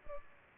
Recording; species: mosquito wingbeat signal from an infrared sensor; Culex pipiens